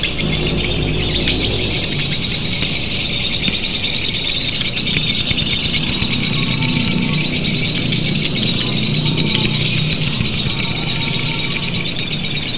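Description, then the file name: Lovebirds giving nonstop high-pitched rattling chatter, fast chirps overlapping, with a low rumbling background throughout. Simulated lovebird singing competition audio, made to sound like a bird-song contest. "audio-simulasi-lomba-lovebird 1-omkicau"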